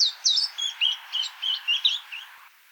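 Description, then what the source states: Willow warbler song: a run of about ten soft, slurred whistled notes, starting high and settling lower, lasting around two and a half seconds. 2 August 2014, Oberammergau.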